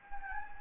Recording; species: mosquito wingbeat signal from an infrared sensor; Anopheles gambiae